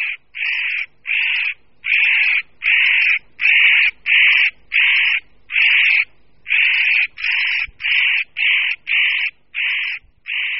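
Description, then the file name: Spotted nutcracker giving a long series of many harsh, rasping, grating calls, each note flat and noisy. "Ořešník-kropenatý"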